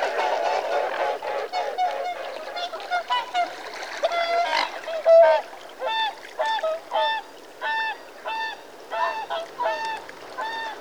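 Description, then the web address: Mute swan calling in a series of harsh nasal honks, busy and overlapping at first, then evenly spaced short honks. "The BBC Sound Effects Library. Mute Swan (Cygnus Olor) Calls"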